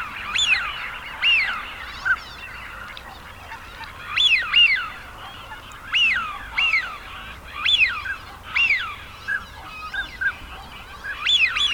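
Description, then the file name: Eurasian wigeon whistling: sharp arched whistles repeated every second or two, with fainter calls in between. Male. "sviyaz golos samca"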